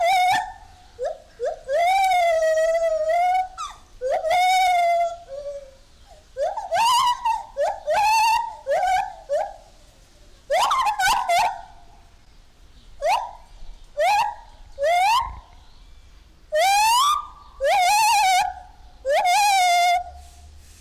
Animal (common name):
Lar Gibbon